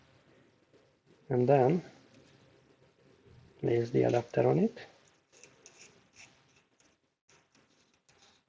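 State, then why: Not seated. Someone talks while a metal tip adapter sleeve is placed over the soldering tip and positioned on the body of a PTS200 T13 USB PD3.0 100W soldering iron. After the talking, faint handling taps and scrapes follow between about 5.4 and 8.1 seconds. The sleeve is only lined up, not yet tightened, and nothing has clicked or seated yet.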